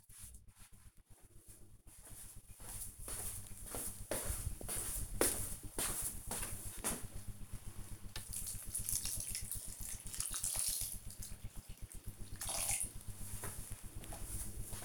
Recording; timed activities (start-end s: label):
household activities, microphone on the right wrist
0.00-14.84 s: watering plant